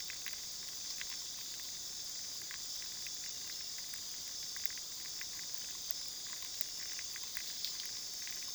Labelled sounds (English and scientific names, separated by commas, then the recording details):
none
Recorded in pastures near Puerto Asís, Putumayo, Colombia, on 21 February 2024 at 23:30
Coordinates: 0.497, -76.327
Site G7276